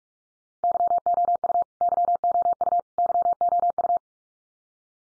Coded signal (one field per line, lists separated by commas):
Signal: Morse code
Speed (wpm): 44 wpm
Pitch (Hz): 700 Hz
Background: none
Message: YOU YOU YOU